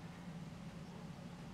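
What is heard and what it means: A micro SD card is put back into a portable speaker's memory card slot and lined up so it is not upside down, ready to be pressed in. Only a steady low hum with broadband noise is heard, with no sudden sounds. Nothing has seated or clicked yet.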